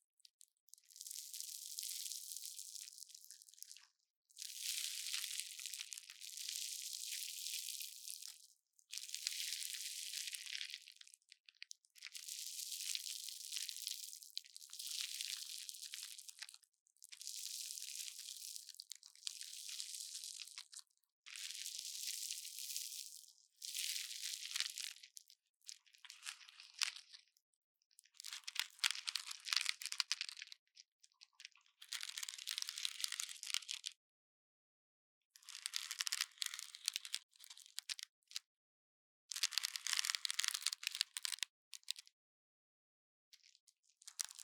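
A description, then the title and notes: A syringe draws in water in repeated strokes, each a bright, crackling hiss of one to two seconds with short silent gaps. The strokes come steadily every few seconds at first, then turn shorter and more uneven, with small pops within the gurgling fizz. The sound of the syringe absorbing water and making a popping sound.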